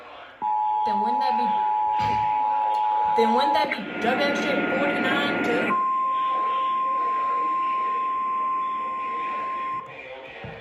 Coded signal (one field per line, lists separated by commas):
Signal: Emergency Alert System (SAME) tones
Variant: 853 and 960 Hz attention tone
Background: speech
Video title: ENHANCED RISK NIGHTMARE! EAS Alerts from 12-13-2022 to 12-14-2022. [EAS #820 - #880]